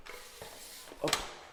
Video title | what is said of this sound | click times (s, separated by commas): Présentation vtt E-bike husqvarna mc4 Carbon un top vélo | entend le petit clipse | 1.1 s